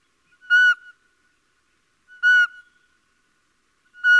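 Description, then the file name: Little owl giving three clear whistled notes, repeated about every 1.7 seconds, in quiet surroundings. "Civetta"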